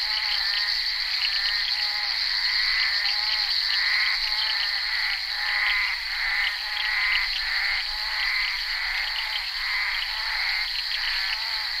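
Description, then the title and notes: Bullfrog: many frogs calling together, rhythmic twangy croaks, with a steady shrill hum running through the background. Recorded during the filming of Henri Duparc's Bal poussière, February 1988. "crapaux buffle. enregistré sur le tournage Bal poussière dhenri duparc en février 1988"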